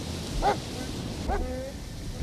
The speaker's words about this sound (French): Écoutez les chiens, on les entend là, encore une fois.